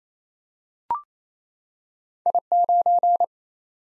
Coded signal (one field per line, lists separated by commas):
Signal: Morse code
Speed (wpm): 28 wpm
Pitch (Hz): 700 Hz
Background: none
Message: I9